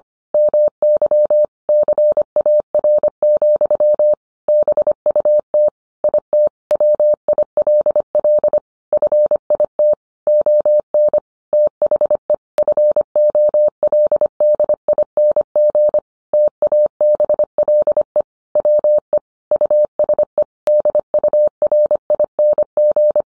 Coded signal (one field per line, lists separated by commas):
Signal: Morse code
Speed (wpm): 25 wpm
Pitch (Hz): 600 Hz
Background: none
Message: MY CAR, BUT IT WILL FIT ON THE FOLDING TABLE WE USE DURING